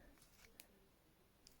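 After an earlier failed try, a plastic build-a-figure body part for the McFarlane Toys Merciless figure is pressed again onto its peg joint. Two sharp clicks are heard at 0.6 s and 1.5 s, and the part is pushed fully onto the peg and stuck in place.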